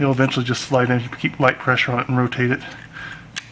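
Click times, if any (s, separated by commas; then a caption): 3.4 s. A plastic on/off switch is pressed lightly and rotated to find its slot in the mounting ring behind the panel of an EC19 PRO paper guillotine, replacing a key switch. Someone talks through most of the clip, and at 3.4 s the switch snaps into its mount with one sharp click, seating it.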